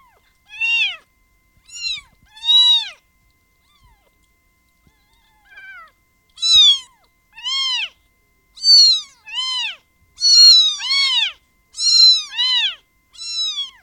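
Cat: kittens mewing, many short high arched mews, sparse at first then more frequent in the second half.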